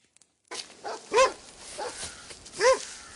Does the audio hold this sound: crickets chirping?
no